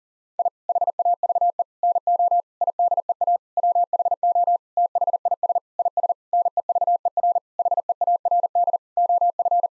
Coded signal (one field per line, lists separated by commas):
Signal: Morse code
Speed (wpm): 40 wpm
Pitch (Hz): 700 Hz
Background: none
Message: I HAVE NO IDEA WHO THIS IS NEVER HEARD OF